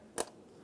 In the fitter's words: lock it in give it a wiggle